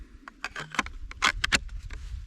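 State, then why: Seated. A Kydex sheath is turned onto the steel head of a Jake Hoback Knives PS2 Axe, an ultralight steel-and-carbon axe, with short scraping and tapping handling sounds. It snaps into its retained position with a sharp click at 1.4 s, followed by a few lighter knocks as it settles locked in place.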